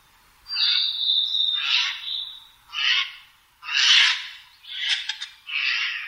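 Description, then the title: Eurasian jay giving harsh, rasping screeches, six bursts spaced roughly a second apart, with a thin whistled tone running over the first two. "朝の小鳥. カケスの雲溜め"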